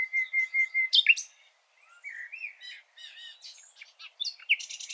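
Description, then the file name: Common nightingale singing: a row of clear even whistled notes, then sharp chirps and varied twittering phrases broken by brief silences. "Luscinia megarhynchos"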